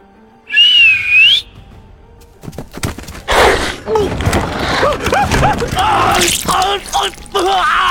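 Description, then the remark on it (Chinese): A single shrill whistle blast, blown once by a little girl standing on a hillside, high and slightly wavering, lasts under a second before cutting off; afterward a man speaks at length over faint background noise. “男子夺荒而逃，小女孩站在山坡上，面无表情地掏出一根哨子，吹了一下。”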